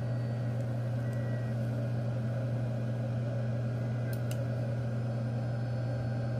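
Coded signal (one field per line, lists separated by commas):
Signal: FT8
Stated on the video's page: FT8 through a Micro PA50+ amplifier under testing.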